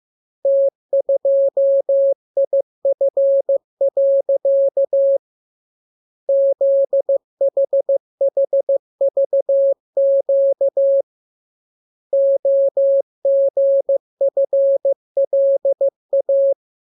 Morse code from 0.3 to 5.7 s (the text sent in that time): T2IF.